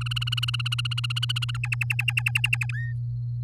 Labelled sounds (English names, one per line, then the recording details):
Domestic Canary song
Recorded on 8 May 2018 at 08:02
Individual llb16